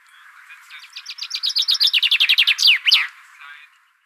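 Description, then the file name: Common chaffinch song: a rapid run of bright repeated notes, ending in a sharp flourish. "Fringilla coelebs"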